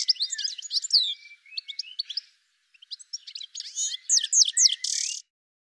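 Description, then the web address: Bird giving short runs of sharp high chirps, swooping notes and twitters, ending on a brief buzzy note. "Deverinetal 2025 Bird Ca Ca Ca Ca"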